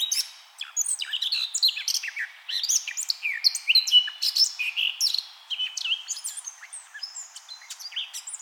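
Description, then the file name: Eurasian blackcap song: a continuous, hurried warble of mixed high chirps, trills and sweeping whistles, bright and varied throughout. "Sylvia atricapilla"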